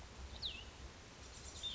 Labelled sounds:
Cassin's Vireo
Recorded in Sonoma County, California

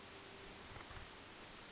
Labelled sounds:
California Towhee
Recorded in Sonoma County, California

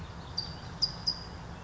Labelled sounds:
California Towhee
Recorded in Sonoma County, California

